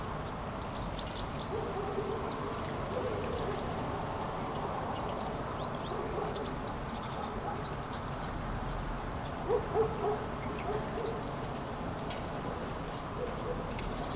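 Light morning rain falls on city streets in Kuldiga, Latvia, a steady, even patter with scattered bright ticks of drops. Soft low hooting calls recur through the clip, most noticeable around the tenth second.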